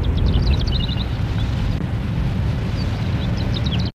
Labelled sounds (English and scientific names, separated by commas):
Greater Short-toed Lark (Calandrella brachydactyla) song